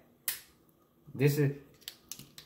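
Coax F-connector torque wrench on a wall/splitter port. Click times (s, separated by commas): 0.3 s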